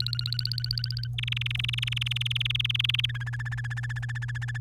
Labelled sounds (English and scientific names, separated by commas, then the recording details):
Domestic Canary (Serinus canaria) song
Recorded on 3 May 2018 at 05:39
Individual llb3